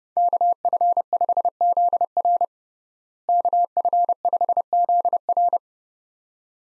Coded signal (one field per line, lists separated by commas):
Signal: Morse code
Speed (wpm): 32 wpm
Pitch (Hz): 700 Hz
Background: none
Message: KF5ZR KF5ZR